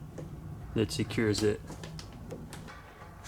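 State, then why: Seated. A window belt trim and weather seal is pressed onto the door of a Nissan Skyline R32 GTR while someone talks. Its small plastic retaining clips snap into place with two sharp clicks at 2.0 and 2.5 seconds, and the trim is seated.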